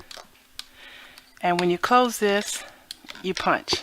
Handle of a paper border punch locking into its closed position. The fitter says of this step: it locks in place and